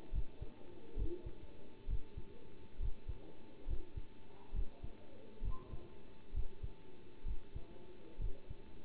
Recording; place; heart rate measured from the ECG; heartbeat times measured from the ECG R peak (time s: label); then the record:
heart sounds by stethoscope; between the tricuspid and mitral areas; 67 bpm
0.12 s: heartbeat
0.96 s: heartbeat
1.88 s: heartbeat
2.79 s: heartbeat
3.67 s: heartbeat
4.53 s: heartbeat
5.42 s: heartbeat
6.33 s: heartbeat
7.25 s: heartbeat
8.19 s: heartbeat
From the record:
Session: bicycle stress test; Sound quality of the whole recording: good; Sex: male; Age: 27 years